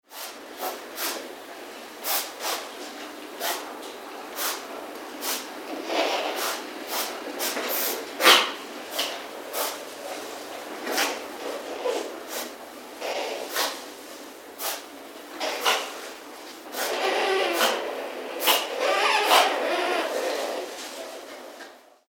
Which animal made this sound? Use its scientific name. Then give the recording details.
Paradoxurus hermaphroditus. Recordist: Tembrock, Günter. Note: Laute eines Paares während der Ranz